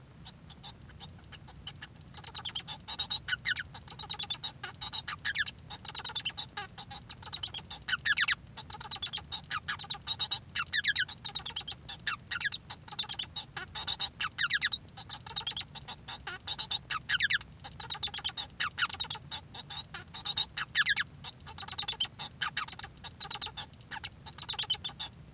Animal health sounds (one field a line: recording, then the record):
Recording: song of a male Bengalese finch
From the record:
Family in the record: son of father 1